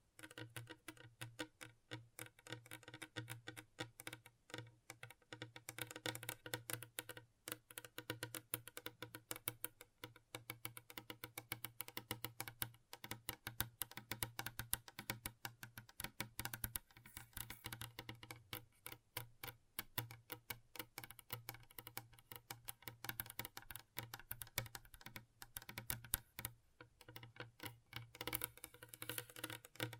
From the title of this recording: ASMR Gentle Tapping